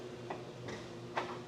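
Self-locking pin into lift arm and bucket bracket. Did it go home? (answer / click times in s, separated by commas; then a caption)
yes / 0.3 s, 1.2 s. Self-locking metal pins are inserted to secure the lift arm to the bucket of a parapet rescue rig. Two sharp metallic clicks sound at 0.3 and 1.2 seconds as a pin clicks into place over a steady low hum. The pin is seated and secure.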